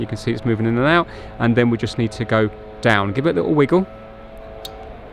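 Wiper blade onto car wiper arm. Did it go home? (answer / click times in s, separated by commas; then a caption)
yes / 4.6 s. Someone talks while a replacement front wiper blade on a BMW iX3 is pushed down onto the wiper arm mount and given a little wiggle. Its plastic latch clicks at 4.6 s, a short sharp snap after the talking stops. The blade is locked in place on the arm.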